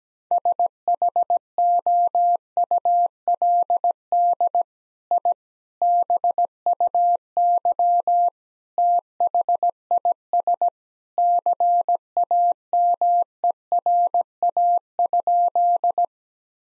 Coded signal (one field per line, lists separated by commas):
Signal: Morse code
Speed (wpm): 17 wpm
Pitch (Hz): 700 Hz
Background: none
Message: SHOULD I BUY THIS CAMERA?